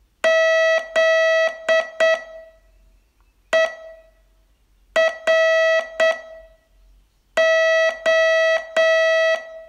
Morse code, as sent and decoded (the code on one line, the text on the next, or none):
--.. . .-. ---
ZERO